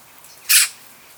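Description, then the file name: Eurasian magpie uttering a single harsh, rasping note, short and loud, with quiet before and after. "Pica pica"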